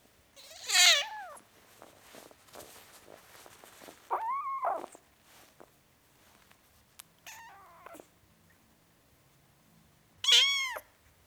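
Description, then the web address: Cat: kitten meowing, several high, harmonic mews at about one, four, seven and ten seconds, with quieter rustling and faint shuffling between calls. Four-week-old kitten, domestic cat, meowing. "BBC Sound Effects Library. Four Week Old Kitten, Meowing"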